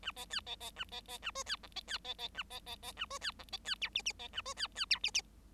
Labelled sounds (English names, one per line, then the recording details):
Bengalese Finch song
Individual Bird7